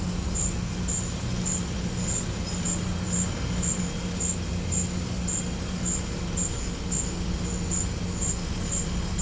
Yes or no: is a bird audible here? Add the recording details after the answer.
no. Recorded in pastures near Puerto Asís, Putumayo, Colombia, on 18 December 2024 at 14:00. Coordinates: 0.505, -76.324. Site G063